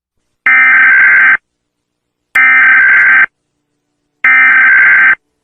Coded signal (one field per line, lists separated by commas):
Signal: Emergency Alert System (SAME) tones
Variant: header bursts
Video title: All Countries, States, and Provinces EAS Alarms Part N